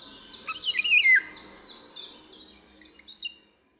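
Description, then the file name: Eurasian golden oriole song: one brief fluty whistle sliding down from high to lower pitch, set against a dense, high twittering chorus of other birds. "Wilga"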